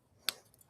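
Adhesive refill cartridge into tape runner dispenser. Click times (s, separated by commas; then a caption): 0.3 s. An adhesive tape refill cartridge is pushed back into a plastic tape runner dispenser and snaps into place with one sharp click at 0.3 s, followed by two faint ticks near 0.5 and 0.6 s. The refill is seated.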